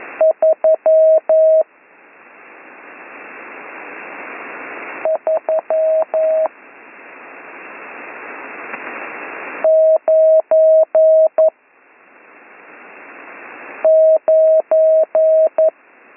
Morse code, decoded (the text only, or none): 3399